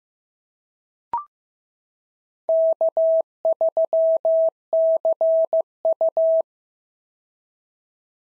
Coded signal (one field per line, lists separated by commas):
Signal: Morse code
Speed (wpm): 15 wpm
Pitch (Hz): 650 Hz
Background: none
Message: K3CU